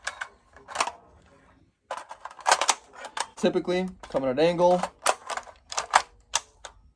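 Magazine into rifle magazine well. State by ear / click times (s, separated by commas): seated / 6.0 s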